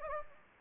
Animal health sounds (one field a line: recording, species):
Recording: mosquito wingbeat signal from an infrared sensor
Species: Anopheles gambiae